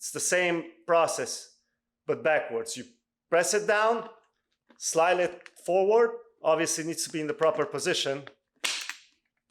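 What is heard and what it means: Someone talks while a HANS device tether sliding clip is pressed down and slid forward off its helmet anchor post, reversing the installation. A sharp click is heard at 8.7 s as the clip unlatches, and the tether clip releases from the helmet post.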